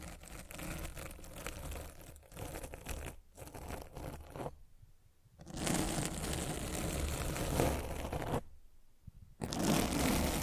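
Mic scratching fills the recording with dense, rough scraping and rubbing that crackles across low and high tones alike. The noise runs in bursts, breaking into near-silent gaps around 2, 3, 4.5 to 5.5, and 8.5 to 9.5 seconds before resuming.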